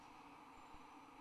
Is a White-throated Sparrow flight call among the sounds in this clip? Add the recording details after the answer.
no. No flight call is heard. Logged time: 01:34 on 30 November 2014